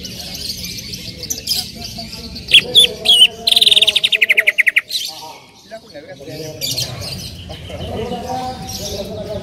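Bird song: a few sharp chirps, then a fast buzzy trill of about a dozen pulses, followed by softer twittering.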